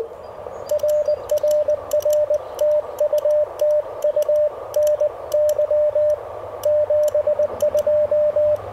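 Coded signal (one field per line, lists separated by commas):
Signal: Morse code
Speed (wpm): 20 wpm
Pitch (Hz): 600 Hz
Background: radio noise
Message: RRR TU TU NY 72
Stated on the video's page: Morse from a park activation on a Mission RGO One transceiver with end-fed antenna, keyed with a Begali Traveler paddle.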